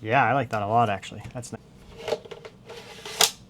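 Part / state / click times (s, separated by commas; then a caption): hard drive tray into NAS drive bay / seated / 3.2 s. Someone talks, then a hard drive in its tray bracket is slid into a drive bay of a LincPlus LincStation E1 Hybrid NAS with faint sliding and rattling sounds. It latches home with a sharp click at 3.2 s, and the drive is seated.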